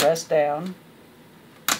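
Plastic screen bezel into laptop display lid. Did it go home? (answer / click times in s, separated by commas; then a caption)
yes / 1.7 s. Someone talks briefly as the plastic screen bezel of an ASUS X501A laptop is pressed down over the hinges at the bottom of the display lid. At 1.7 s, a short, sharp pop is heard as a clip snaps into the lid and the bezel seats into place.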